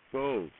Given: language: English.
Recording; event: throat vibration sensor signal played as sound; speech